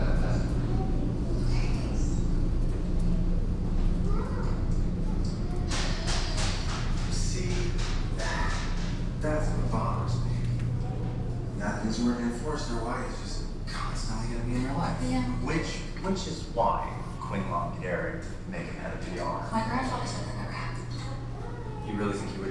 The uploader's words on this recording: Laundromat in Barton Heights. In the recording, the voices from a television echo off the floor tiles.